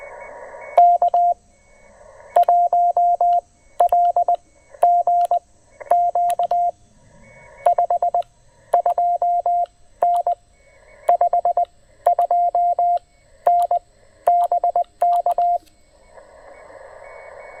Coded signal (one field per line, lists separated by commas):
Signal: Morse code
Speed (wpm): 20 wpm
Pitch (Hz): 700 Hz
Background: none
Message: K1LGQ 52N 52N BK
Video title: 20 Meters, QRP, & Canine Companions: A Relaxing POTA Afternoon at Table Rock